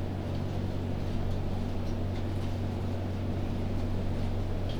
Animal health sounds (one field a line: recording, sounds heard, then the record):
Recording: poultry house recording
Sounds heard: no chicken sound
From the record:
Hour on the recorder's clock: 22